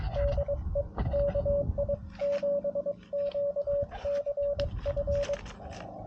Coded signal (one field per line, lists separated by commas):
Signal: Morse code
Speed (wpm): 23 wpm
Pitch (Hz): 570 Hz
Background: radio noise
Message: DE KI7QCF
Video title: Back where it all started | CW POTA US-11191